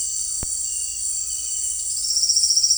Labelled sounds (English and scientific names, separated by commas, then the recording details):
none
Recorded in secondary vegetation near Puerto Asís, Putumayo, Colombia, on 8 March 2025 at 18:00
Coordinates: 0.499, -76.323
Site G094